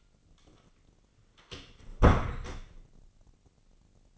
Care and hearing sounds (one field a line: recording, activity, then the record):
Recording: daily activity, microphone in the room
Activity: close door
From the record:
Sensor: 4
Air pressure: 1010.0 hPa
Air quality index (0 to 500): 198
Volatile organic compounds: 3 ppm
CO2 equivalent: 1419 ppm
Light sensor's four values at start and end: 35/86/36/38 and 38/92/38/40